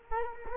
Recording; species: mosquito wingbeat signal from an infrared sensor; Culex quinquefasciatus